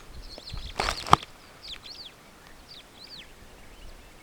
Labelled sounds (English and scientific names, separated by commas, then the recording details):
Superb Starling (Lamprotornis superbus) flight call
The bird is a male
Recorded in Kenya on 20 May 2010
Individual 83, of group SRB1